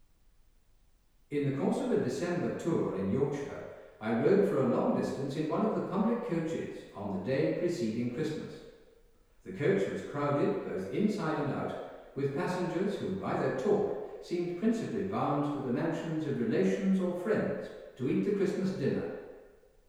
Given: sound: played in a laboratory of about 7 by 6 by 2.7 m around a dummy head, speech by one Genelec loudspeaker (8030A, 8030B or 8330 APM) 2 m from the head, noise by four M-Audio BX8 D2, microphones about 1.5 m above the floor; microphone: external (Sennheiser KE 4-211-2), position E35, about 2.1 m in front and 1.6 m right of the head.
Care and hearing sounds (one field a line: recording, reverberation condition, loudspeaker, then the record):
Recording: male speech in English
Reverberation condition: high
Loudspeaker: 90 degrees to the left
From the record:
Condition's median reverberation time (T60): about 1300 ms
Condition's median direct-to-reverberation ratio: about -4.0 dB